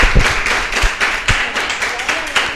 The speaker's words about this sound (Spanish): Bueno, un aplauso para esas profes.